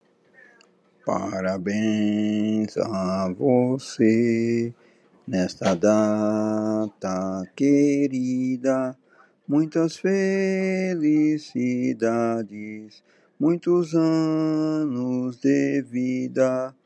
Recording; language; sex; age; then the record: short text; Brazilian Portuguese; male; 40 to 49 years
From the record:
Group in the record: control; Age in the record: 41 years